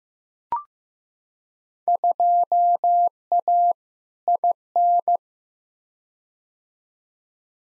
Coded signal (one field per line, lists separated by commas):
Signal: Morse code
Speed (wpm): 15 wpm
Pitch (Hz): 700 Hz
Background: none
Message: 2A IN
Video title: Field Day Exchange v2 - 15wpm